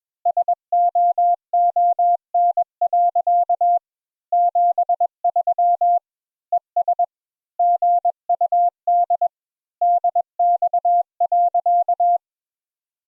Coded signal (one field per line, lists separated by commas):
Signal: Morse code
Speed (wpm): 21 wpm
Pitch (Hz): 700 Hz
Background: none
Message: SOON. 73 ES GUD DX.